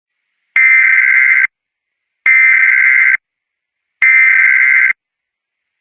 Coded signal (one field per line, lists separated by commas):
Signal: Emergency Alert System (SAME) tones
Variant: header bursts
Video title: Five nights at sonic’s ESCAPED! (my first ever EAS scenario